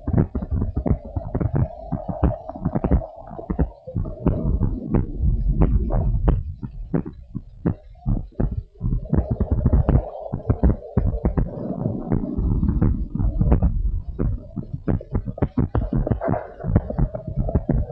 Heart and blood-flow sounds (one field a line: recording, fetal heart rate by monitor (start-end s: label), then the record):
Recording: heart sounds of a pregnant woman by stethoscope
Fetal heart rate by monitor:
no fetal heartbeat
From the record:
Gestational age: 34 weeks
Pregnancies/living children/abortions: 4/1/2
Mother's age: 27 years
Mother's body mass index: 29.4